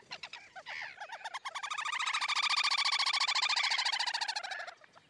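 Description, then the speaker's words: Little grebe trilling: a long, rapid whinnying trill of high, ringing notes that swells, holds steady, then fades after about five seconds. Trill described as comforting. "One of the joys of sitting by almost any patch of shallow water in England is to hear the comforting trill of a distant little grebe."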